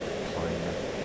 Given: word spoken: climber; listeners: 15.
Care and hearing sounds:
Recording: one English word in noise, from a listening test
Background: speech-shaped noise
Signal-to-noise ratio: -4.4 dB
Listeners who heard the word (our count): 1 of 15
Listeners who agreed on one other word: 8 of 15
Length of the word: 0.65 s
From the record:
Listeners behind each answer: 8, 1, 1, 1, 1, 1, 1, 1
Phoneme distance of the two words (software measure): 7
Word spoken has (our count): 2 syllables, 5 phonemes, stress on syllable 1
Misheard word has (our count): 1 syllable, 4 phonemes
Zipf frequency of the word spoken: 3.38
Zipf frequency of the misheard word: 4.45

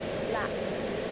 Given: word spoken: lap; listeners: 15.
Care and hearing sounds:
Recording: one English word in noise, from a listening test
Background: speech-shaped noise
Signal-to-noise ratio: -6.0 dB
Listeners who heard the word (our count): 3 of 15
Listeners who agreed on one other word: 6 of 15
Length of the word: 0.71 s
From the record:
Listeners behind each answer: 6, 4, 3, 2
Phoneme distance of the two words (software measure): 17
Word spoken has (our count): 1 syllable, 3 phonemes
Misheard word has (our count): 1 syllable, 4 phonemes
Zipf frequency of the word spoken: 4.22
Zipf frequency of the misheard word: 5.26

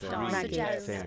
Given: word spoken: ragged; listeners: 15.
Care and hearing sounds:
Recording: one English word in noise, from a listening test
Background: four-talker babble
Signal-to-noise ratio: -2.5 dB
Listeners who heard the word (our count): 3 of 15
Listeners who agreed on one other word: 7 of 15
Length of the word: 0.67 s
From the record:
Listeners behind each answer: 7, 3, 1, 1, 1, 1, 1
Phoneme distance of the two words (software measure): 57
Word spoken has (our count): 2 syllables, 5 phonemes, stress on syllable 1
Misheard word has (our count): 2 syllables, 6 phonemes, stress on syllable 2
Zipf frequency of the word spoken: 3.25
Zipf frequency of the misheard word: 4.63

